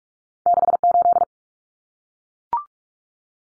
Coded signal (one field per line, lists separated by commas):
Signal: Morse code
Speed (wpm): 44 wpm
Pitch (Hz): 700 Hz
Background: none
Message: 68